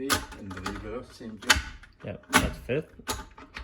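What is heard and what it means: A shift selector on a rebuilt Ferrari 330 transmission is handled by hand, moving from fifth toward reverse, while someone talks throughout. A few faint mechanical ticks come near the end, but reverse has not engaged and nothing has seated or clicked yet.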